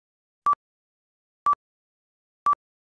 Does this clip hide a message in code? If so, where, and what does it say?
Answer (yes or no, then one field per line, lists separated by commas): no